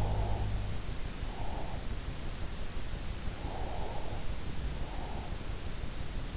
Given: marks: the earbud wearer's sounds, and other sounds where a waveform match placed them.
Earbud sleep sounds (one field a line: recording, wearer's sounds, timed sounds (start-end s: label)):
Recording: sounds in sleep by an in-ear microphone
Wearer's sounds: breath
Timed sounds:
0.00-0.94 s: sound from someone else or the room
1.22-1.98 s: breath
3.36-5.35 s: breath